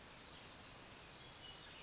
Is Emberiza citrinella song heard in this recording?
no